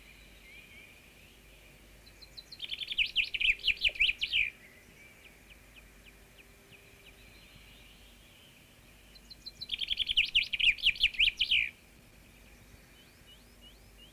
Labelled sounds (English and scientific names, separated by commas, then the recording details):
Common Chaffinch (Fringilla coelebs) song
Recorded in the wild
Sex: male
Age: adult
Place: Schloß Holte-Stukenbrock, Senne, Nordrhein-Westfalen, DE
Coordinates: 51.8692, 8.66167
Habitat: forest
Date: 1965
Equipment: Uher 4000 Report-S, Bändchenmikro Beyer M 260, Parabolspiegel Polyester (470 mm)
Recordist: Conrads, Klaus